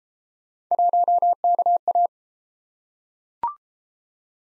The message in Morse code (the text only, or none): 1KA